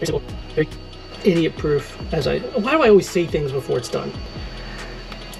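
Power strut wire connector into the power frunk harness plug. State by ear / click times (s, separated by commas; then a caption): seated / 5.1 s. On a Tesla Model Y, the passenger-side power strut wire connector from a Hansshow power frunk kit is pushed into the power frunk harness plug again after a failed first attempt, while someone talks. It latches with a short click at 5.1 seconds, and the connector is seated.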